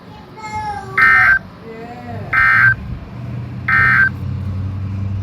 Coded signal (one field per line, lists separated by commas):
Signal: Emergency Alert System (SAME) tones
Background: speech